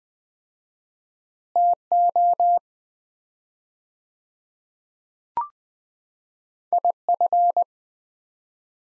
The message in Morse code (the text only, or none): TO IF